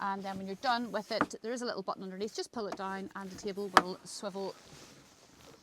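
Someone talks about the swivel dining table in a Burstner campervan, explaining that a little button underneath lets it be pulled down and swung back in. A few faint knocks and handling taps sound beneath the speech, with a sharper tap near 3.8 seconds. The table has not clicked into place yet when the clip ends.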